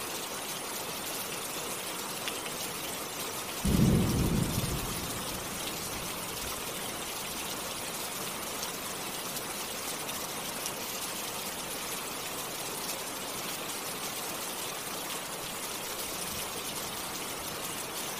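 Steady, dense rain hisses throughout, with one low thud-like rumble near the four-second mark that fades within about a second.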